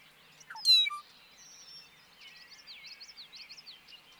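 Bobolink song: a sharp high note, then a bubbling run of tinkling, metallic notes that bounce rapidly up and down in pitch.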